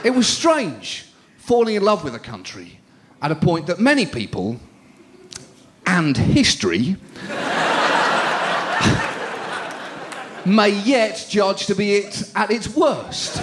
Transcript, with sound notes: strange falling in love with a country at a point that many people and history... (Soundbite of laughter) ...may yet judge to be at its worse.